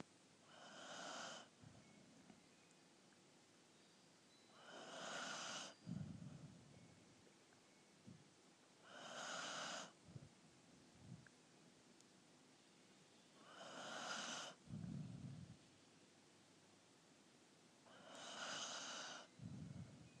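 Five regular snores about every four to five seconds, roughly 13 breaths a minute. Each is a buzzing, tonal inhaled snore with a whistling edge, followed by a softer low rumble on the breath out, over steady background hiss.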